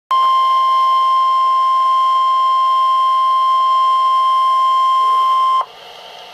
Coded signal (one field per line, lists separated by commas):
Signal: Emergency Alert System (SAME) tones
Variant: 1050 Hz attention tone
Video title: EAS #223 - Severe Thunderstorm Warning (6/1/2012)